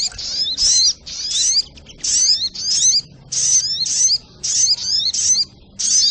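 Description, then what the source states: Little Spiderhunter song: bright squeaky bursts with rising whistled notes, delivered in clear phrases separated by short silences. Training recording (masteran) used to teach song to birds; labelled 'Labaik'.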